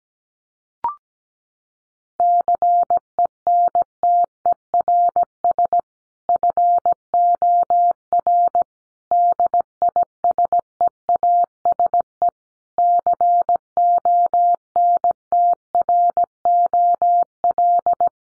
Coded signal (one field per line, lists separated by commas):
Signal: Morse code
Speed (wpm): 17 wpm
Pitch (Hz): 700 Hz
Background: none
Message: CENTERS FOR DISEASE CONTROL